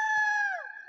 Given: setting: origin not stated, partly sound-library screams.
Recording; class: one-second piece from a danger detection set; woman in danger